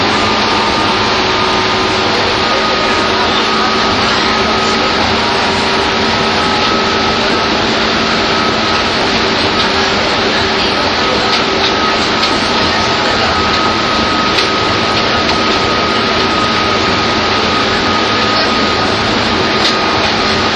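A train running between Tokyo and Takao gives a steady, dense rushing roar that holds the same loudness throughout. A thin, even whine and a lower hum ride over it, with faint scattered clicks from the track.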